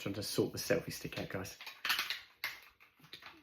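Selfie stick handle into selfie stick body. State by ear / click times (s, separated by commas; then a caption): seated / 2.4 s. Someone talks while sorting out a selfie stick, squeezing the plastic handle parts together. A sharp click at 2.4 s marks the handle clicking into the selfie stick body and seating, followed by a few quieter clicks and ticks.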